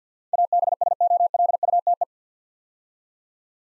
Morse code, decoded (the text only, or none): ABSOLUTE